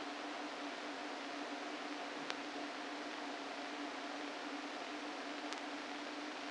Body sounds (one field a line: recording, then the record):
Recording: brain microelectrode recording played as sound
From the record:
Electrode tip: inside the subthalamic nucleus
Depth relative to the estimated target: 0 mm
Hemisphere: left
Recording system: NeuroSet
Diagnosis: Parkinson's disease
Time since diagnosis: 13 years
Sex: male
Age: 49 years